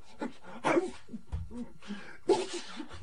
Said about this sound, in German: Er nieste fröhlich weiter